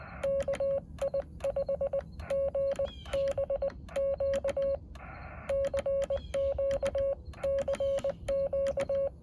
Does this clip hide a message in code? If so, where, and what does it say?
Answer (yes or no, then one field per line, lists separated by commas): yes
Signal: Morse code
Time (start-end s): 0.2-9.1 s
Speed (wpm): 20 wpm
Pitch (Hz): 550 Hz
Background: radio noise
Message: KI5GBQ CQ CQ